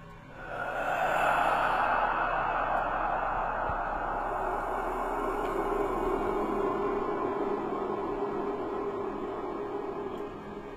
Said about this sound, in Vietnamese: đằng sau lưng của lão Tâm vang lên một tiếng thở rất nhẹ